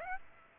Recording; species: mosquito wingbeat signal from an infrared sensor; Aedes aegypti